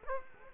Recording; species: mosquito wingbeat signal from an infrared sensor; Culex quinquefasciatus